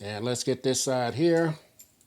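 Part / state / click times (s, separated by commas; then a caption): metal watch band end into smartwatch lug / not seated / none. Someone talks while handling the second end of a KOREDA metal watch band, fitted with a spring-bar quick-release pin, as it is brought to the lug of a Samsung Galaxy Watch 8 Classic case. After the speech stops, two faint short ticks from handling are heard at about 1.8 s and 2.0 s. The pin has not seated or clicked into the lug yet.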